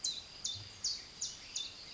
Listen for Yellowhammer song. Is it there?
no